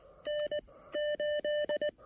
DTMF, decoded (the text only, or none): none